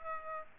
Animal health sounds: mosquito wingbeat signal from an infrared sensor; Aedes aegypti

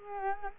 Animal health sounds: mosquito wingbeat signal from an infrared sensor; Culex quinquefasciatus

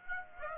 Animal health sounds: mosquito wingbeat signal from an infrared sensor; Aedes aegypti

